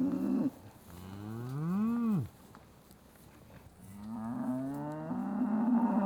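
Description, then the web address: Cattle: cows calling: a brief moo, then a rising-and-falling bellow, followed by a drawn-out, climbing low that runs to the end. South Devon breed suckling herd of cattle, being fed. "BBC Sound Effects Library. Douth Devon Suckling Herd"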